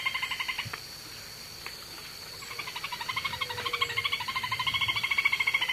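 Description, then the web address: Black-banded crake giving a fast pulsed rattle, first in short bursts, then a long steady trill, over a continuous high whine. Recorded in the eastern lowlands of South America. "Natures Songs S America Eastern Lowlands. Black-banded Crake"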